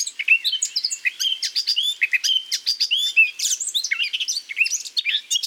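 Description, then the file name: Eurasian blackcap giving a fast, continuous warble of scratchy chirps and short whistled notes, with only brief pauses for the whole stretch. "Sylvia atricapilla"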